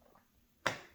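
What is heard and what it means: A resin diamond painting drill is pressed with a pen onto the adhesive canvas grid and settles into place. After a quiet stretch with a faint tick near 0.2 s, a single sharp click lands at 0.7 s and then fades. The drill is seated.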